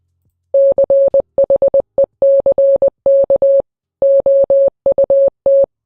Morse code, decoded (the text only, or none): CHECK OUT